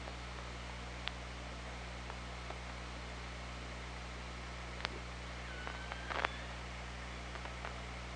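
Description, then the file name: Killer whale sounds under water: scattered sharp clicks and a short faint tonal call near the sixth second, set against steady hiss and low hum. OrcaLab hydrophone, 24 August 2017. "Orca Lab 20170824"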